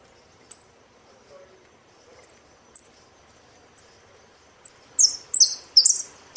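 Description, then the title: Saffron finch with a handful of spaced high chips, building into a loud series of buzzy, scratchy notes near the end. "Jilguero Argentino"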